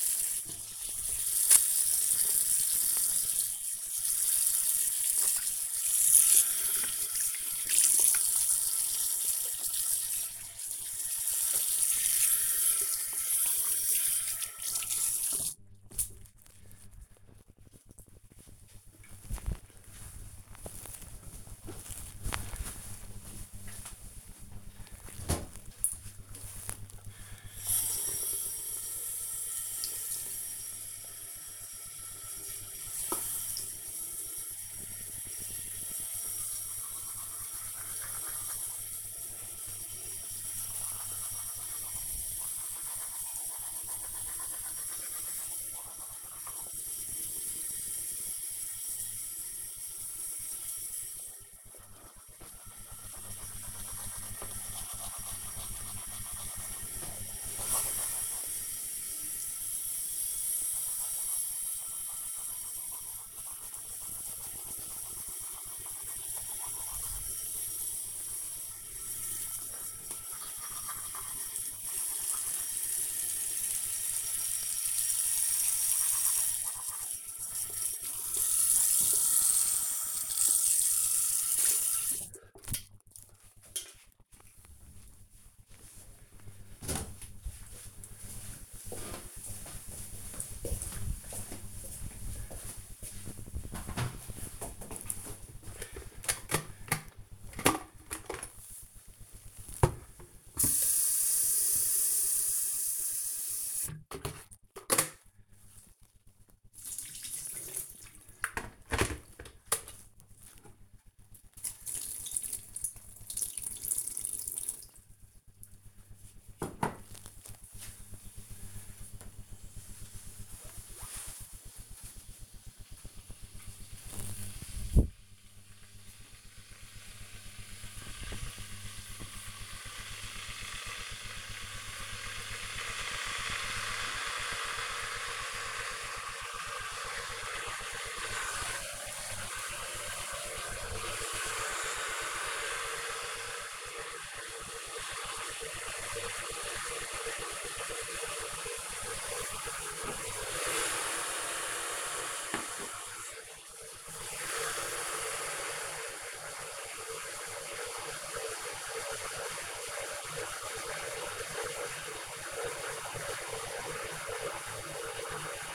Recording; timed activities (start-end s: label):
household activities, microphone on the right wrist
0.00-15.86 s: washing hands
24.93-84.21 s: brushing teeth
95.26-165.75 s: making tea